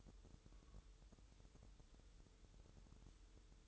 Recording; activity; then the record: daily activity, microphone in the room; take from stove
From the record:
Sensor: 3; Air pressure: 988.3 hPa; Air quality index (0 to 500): 190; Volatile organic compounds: 259 ppm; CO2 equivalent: 4384 ppm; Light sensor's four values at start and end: 24/76/32/27 and 24/76/32/27